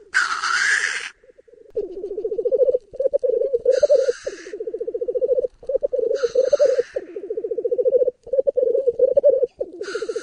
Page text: OnBird - Тетерев